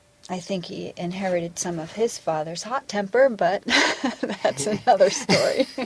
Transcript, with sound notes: I think he inherited some of his father's hot temper, but (laughs) that's another story.